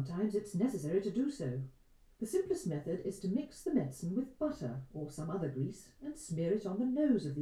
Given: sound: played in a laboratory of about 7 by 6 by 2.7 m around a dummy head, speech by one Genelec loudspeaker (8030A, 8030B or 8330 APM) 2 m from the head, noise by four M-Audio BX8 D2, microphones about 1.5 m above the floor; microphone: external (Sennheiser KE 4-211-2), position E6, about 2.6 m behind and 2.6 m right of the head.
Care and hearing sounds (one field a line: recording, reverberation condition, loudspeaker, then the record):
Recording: female speech in English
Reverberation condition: low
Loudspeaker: 150 degrees to the right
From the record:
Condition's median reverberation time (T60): about 310 ms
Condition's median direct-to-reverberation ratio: about 3.5 dB